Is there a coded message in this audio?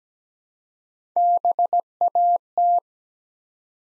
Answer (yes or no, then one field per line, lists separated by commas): yes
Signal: Morse code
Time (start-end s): 1.2-2.8 s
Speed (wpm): 17 wpm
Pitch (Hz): 700 Hz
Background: none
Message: BAT